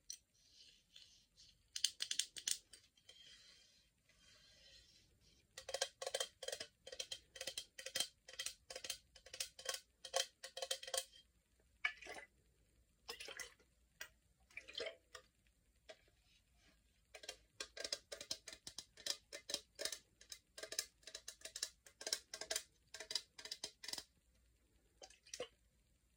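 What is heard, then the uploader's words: ASMR tapping in quick bursts of crisp, bright taps, pausing briefly around seconds 3–5 and 11–13 before resuming in dense clusters. ASMR taping et autre.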